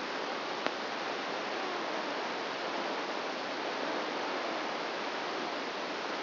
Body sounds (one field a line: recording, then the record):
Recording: brain microelectrode recording played as sound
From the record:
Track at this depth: outside the subthalamic nucleus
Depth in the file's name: -0.71 mm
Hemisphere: right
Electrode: 2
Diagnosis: Parkinson's disease